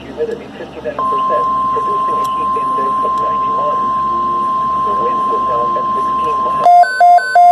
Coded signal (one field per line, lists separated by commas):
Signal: Emergency Alert System (SAME) tones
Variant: 1050 Hz attention tone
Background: speech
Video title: Celebrating 200 EAS Alerts! Going through all the past 200 EAS Alerts EAS #201-223 Part 4 of 4